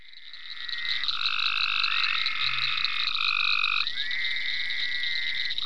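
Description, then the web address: Frogs giving sustained tonal calls that overlap and shift pitch, a brief low croak partway through, over a constant high-pitched background hum. Several frogs calling in ponds on a permaculture farm, recorded 27 May 2010. "venaurafarm frogs-in-ponds 5-27-010-Frogs"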